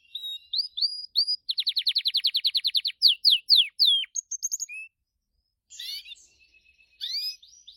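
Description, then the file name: Gloster canary song: bright high whistled phrases, a fast even trill of repeated notes, then downward slurs and a pause before more chirping notes. "canto do canario gloster"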